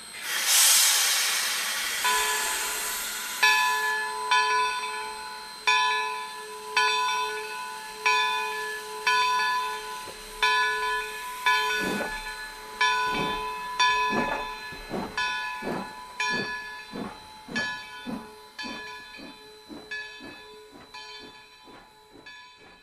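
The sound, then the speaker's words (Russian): An old steam locomotive at a station lets out a loud hiss of white exhaust steam, then a sustained, slightly hoarse whistle tone rings over rhythmic puffing beats that grow quicker and more frequent, with the wagon couplings clanking. “Старенький паровозик выпустил белые клубы отработанного пара, сипло свистнул, лязнули сцепы вагонов.”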